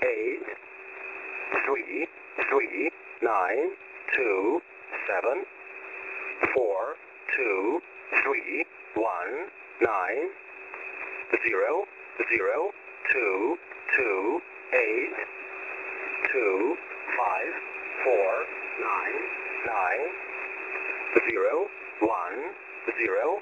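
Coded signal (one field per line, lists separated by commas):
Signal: numbers station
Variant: E07, English Man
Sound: male voice reading single English digits at a steady pace over band-limited radio hiss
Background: radio static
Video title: 14819kHz USB Russian Number Station E07 calling 288 again (17.08.2024)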